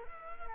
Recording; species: mosquito wingbeat signal from an infrared sensor; Culex quinquefasciatus